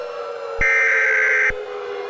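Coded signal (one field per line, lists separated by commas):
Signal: Emergency Alert System (SAME) tones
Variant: header bursts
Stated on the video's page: Unfinished fictional EAS scenario, a simulated alert.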